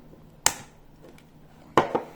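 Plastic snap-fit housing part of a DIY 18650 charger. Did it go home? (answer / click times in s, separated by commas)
partly / 0.5 s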